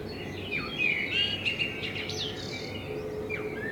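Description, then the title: Common blackbird, a rich whistled song phrase with sliding notes and high squeaky notes, over a faint steady hum. Blackbird in front of the recordist's window; binaural sound made with a homemade dummy head, intended for headphone listening. "Kunstkopfaufnahme der Amsel vor meinem Fenster"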